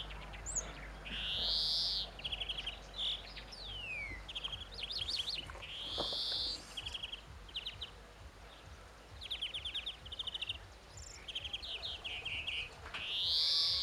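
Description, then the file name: European greenfinch with drawn-out nasal wheezes alternating with fast twittering trills and rattles, repeated throughout over steady background hiss. "Chloris chloris"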